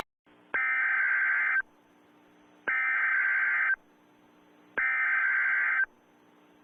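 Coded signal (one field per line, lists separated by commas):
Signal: Emergency Alert System (SAME) tones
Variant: header bursts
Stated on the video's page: EAS alarms from various countries, collected for rating.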